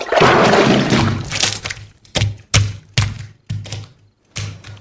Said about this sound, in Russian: Карп выпрыгивает из ванны с водой, падает, бьется на полу.